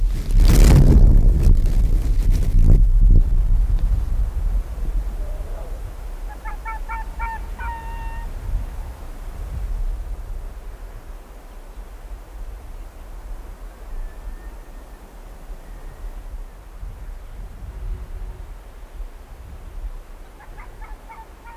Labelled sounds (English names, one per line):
Arctic Fox